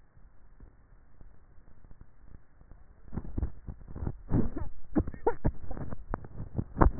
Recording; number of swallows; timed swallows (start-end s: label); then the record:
swallowing sounds by neck microphone; 2
3.23-4.53 s: swallow
6.00-6.90 s: swallow
From the record:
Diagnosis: dysphagia